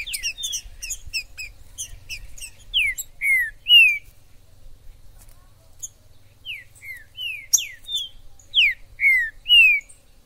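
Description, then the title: Green-winged saltator song: a run of loud falling whistles, a pause, then another burst of similar slurred notes, with high twittering. Wild bird in the forest, chirping, singing and 'macheando' (acting as a male) in a singing dispute; bird called Major; video meant to warm up a pet saltator. "ESQUENTAR Seu TRINCA Piando, Cantando E Macheando Na DISPUTA. TRINCA FERRO no MATO Trinca ferro MAJOR no MATO"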